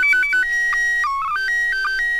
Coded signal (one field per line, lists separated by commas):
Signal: SSTV (slow-scan television)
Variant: PD 120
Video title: ISS SSTV Decode